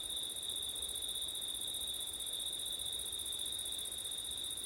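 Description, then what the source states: Crickets produce a constant shrill trill on two high pitches, with low wind noise throughout. Crickets at night in September, with wind; ORTF microphone setup.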